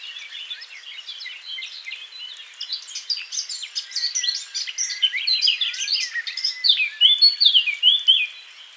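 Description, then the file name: Eurasian blackcap song, a busy warble of varied chirps that builds in loudness, ending in brighter fluty phrases. "Sylvia atricapilla"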